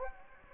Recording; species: mosquito wingbeat signal from an infrared sensor; Anopheles gambiae